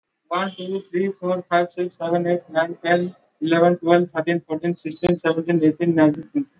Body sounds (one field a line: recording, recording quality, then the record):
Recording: counting at a normal pace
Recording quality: excellent, no background noise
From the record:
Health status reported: exposed to COVID-19, no respiratory illness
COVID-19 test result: not tested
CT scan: not taken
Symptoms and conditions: cough, cold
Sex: male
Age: 24 years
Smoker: no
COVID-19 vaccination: both doses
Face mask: worn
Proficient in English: yes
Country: India